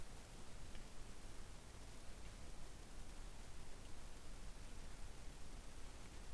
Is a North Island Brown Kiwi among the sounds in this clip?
no